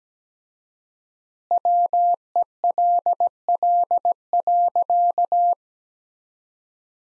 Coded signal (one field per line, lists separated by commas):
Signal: Morse code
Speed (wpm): 17 wpm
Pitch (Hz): 700 Hz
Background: none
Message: WELL.